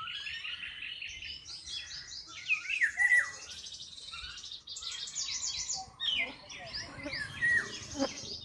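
Birds twittering in high repeated chirps, with several short whistled notes standing out.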